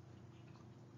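An air hose fitting is handled at a quick-connect coupling with a push-back collar on a pneumatic tool. Only soft handling noise and faint ticks are heard over a steady low hum. Nothing has seated or clicked yet.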